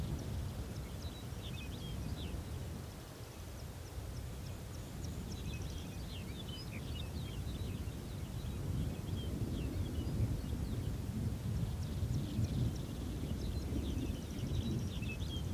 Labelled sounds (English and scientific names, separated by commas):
Arctic Fox (Vulpes lagopus)